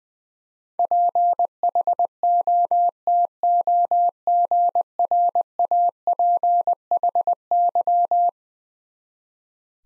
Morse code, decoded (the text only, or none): PHOTOGRAPHY